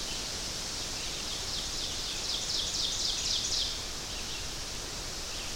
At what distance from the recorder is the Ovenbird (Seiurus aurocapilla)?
about 50 m